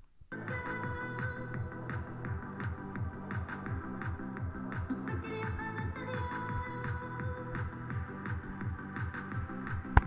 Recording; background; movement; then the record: deep breathing; music; sitting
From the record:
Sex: male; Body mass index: 20.5 kg/m2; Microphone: on the chest, facing the body